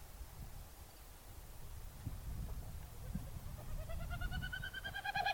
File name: Wilsons Snipe - Gallinago delicata